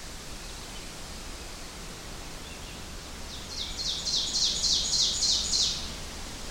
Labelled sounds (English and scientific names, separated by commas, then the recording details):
Ovenbird (Seiurus aurocapilla) song
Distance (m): 25 m
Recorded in boreal forest in Alberta, Canada, on 4 June 2016 at 07:24
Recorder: SongMeter 3, array SBT-3-51
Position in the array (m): 268 m, 118 m
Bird 28